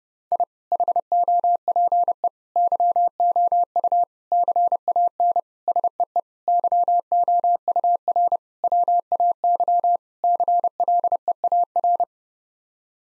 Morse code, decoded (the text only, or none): I HOPE YOU CAN SEE YOUR WAY CLEAR